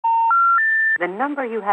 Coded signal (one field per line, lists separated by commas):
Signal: telephone call progress tone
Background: speech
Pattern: special information tone